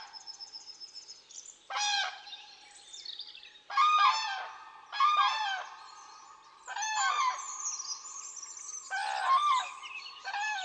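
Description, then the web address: Cranes trumpeting in loud rolling bursts roughly every one to two seconds, with softer calls carrying on between them. "bird crane"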